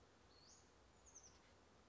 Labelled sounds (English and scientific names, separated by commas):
Oak Titmouse (Baeolophus inornatus)